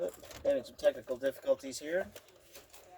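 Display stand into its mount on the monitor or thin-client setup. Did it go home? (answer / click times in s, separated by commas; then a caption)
no / none. A display stand is handled at its mount on a monitor or thin-client setup while someone talks throughout. The stand has not seated or clicked into place yet by the end of the clip.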